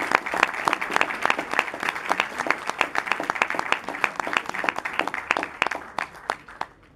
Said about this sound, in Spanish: Fuertes aplausos para nuestros 3 ponentes, por favor.